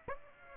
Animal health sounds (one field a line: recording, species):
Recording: mosquito wingbeat signal from an infrared sensor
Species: Aedes aegypti